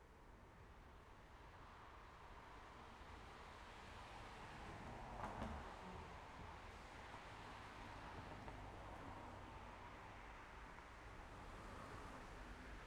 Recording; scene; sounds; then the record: everyday scene through a hearing-aid microphone; in traffic; traffic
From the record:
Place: main road on the outskirts, rush hour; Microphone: behind the ear, left, rear